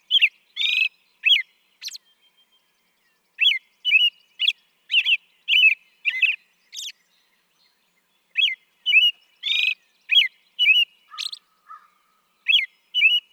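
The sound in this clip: American robin song: clear caroling whistled phrases, rising and falling, delivered in bursts of several notes with short pauses, interspersed with high thin squeaky notes; background otherwise quiet.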